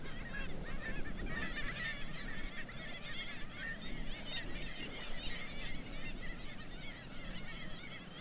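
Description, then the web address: Black-legged kittiwakes in a dense chorus, many wavering nasal calls overlapping without pause, over a steady deep background roar. "Black legged kittiwake. صدای-پرنده-کاکایی-پاسیاه"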